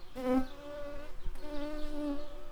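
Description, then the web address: Shrill carder bee buzzing, a steady droning hum with rich overtones, briefly dipping and breaking off before resuming just as steadily. Workers. "Sylvarum workers"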